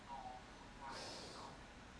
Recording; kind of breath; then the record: one breath in and out by a microphone near the nose and mouth; normal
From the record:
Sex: male